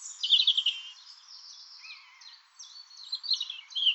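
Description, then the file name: European robin song, a continuous stream of high, sharp, warbled and trilled notes with a few sliding whistles. "Erithacus rubecula"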